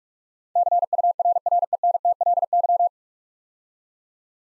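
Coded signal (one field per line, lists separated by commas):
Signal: Morse code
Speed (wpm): 44 wpm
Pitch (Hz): 700 Hz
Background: none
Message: CURRENTLY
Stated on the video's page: Morse practice at 45 wpm building 9-letter words three letters at a time, for instant character recognition.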